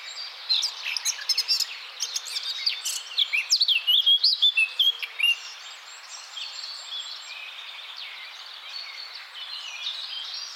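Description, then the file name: Eurasian blackcap singing a fast, varied warble of high chattering notes and short whistles for about five seconds, then fainter twittering over steady hiss. "Canto do toutinegra de barrete preto"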